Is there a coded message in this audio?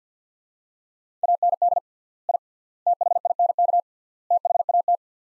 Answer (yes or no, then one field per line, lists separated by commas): yes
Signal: Morse code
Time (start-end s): 1.2-5.0 s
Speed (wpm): 46 wpm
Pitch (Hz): 700 Hz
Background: none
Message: AND I THINK THAT